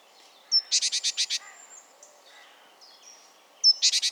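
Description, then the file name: Great tit calls, a harsh buzzy churring series of about six rapid notes, a pause, then another burst of the same notes at the end. "Parus major"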